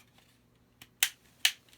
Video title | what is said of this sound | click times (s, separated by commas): 𝗛𝗢𝗪 𝗧𝗢: 𝗗𝘆𝘀𝗼𝗻 𝗖𝘆𝗰𝗹𝗼𝗻𝗲 𝗗𝗖𝟯𝟮 𝗩𝗮𝗰𝘂𝘂𝗺 𝗥𝗲𝗮𝘀𝘀𝗲𝗺𝗯𝗹𝘆 | hear that click okay | 1.0 s, 1.4 s